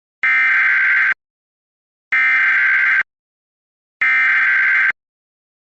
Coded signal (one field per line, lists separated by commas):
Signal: Emergency Alert System (SAME) tones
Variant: header bursts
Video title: EAS 156-159 - 2 Alerts from Milton + 3 Test Alerts